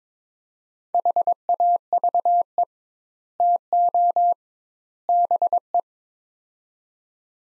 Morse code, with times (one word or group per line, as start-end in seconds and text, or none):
0.9-2.6 HAVE
3.4-4.3 TO
5.1-5.8 BE